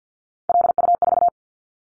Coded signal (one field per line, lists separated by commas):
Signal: Morse code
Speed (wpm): 50 wpm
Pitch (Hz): 700 Hz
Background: none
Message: LU4